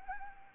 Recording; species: mosquito wingbeat signal from an infrared sensor; Anopheles gambiae